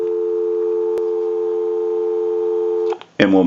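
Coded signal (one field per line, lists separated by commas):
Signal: telephone call progress tone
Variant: North America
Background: speech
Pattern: dial tone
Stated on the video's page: Heard on a candlestick telephone with bell box during checkout and repair conversion.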